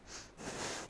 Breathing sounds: one breath in and out by a microphone near the nose and mouth; strong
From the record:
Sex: female

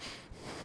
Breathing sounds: one breath in and out by a microphone near the nose and mouth; strong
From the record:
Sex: male

